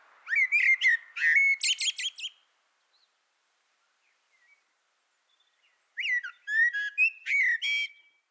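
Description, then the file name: Common blackbird delivering two song phrases, rich fluty notes melting into thin squeaky trills, separated by several seconds of near silence. "Turdus merula"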